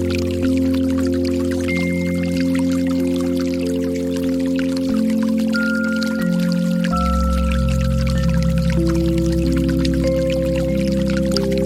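Steady pouring water runs beneath layered, humming tones that shift pitch every few seconds, with a deeper bass drone entering near seven seconds.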